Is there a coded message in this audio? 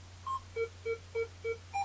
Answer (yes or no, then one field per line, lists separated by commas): no